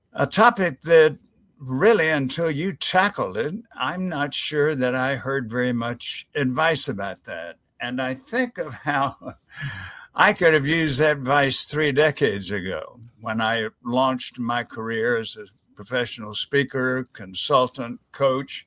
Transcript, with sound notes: A topic that really, until you tackled it, I’m not sure that I heard very much advice about that. And I think of how [laughter] I could have used that advice three decades ago when I launched my career as a professional speaker, consultant, coach.